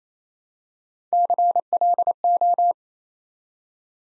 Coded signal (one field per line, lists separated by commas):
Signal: Morse code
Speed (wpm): 29 wpm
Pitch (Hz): 700 Hz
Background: none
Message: CLO